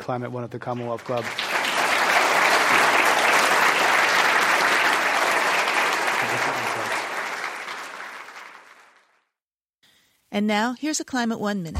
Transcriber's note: applause